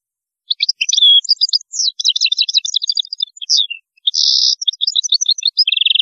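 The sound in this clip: European goldfinch song, a rapid jingling stream of high twitters broken by a harsh buzzy trill and ending on a rattling phrase.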